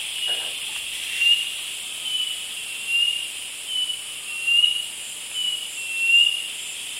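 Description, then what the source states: Cinereous Mourner singing a series of short, high slurred whistles against constant hissing background noise. Eastern lowlands of South America.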